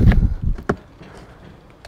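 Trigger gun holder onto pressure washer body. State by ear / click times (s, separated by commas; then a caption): seated / 0.7 s. A plastic trigger gun holder is slid onto the frame of a SunJoe SPX3000 Xtream pressure washer and pushed down until an internal tab locks it into place. Low rumbling handling noise at the start gives way to a sharp click at 0.7 s, followed by quiet background with a few faint taps. The holder is seated and locked.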